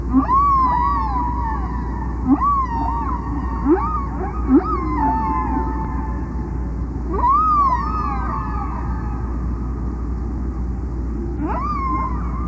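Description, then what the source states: Whale song of repeated upswept whoops and squeals, each rising then curving down, recurring at irregular intervals over a constant low hum. Solo whale.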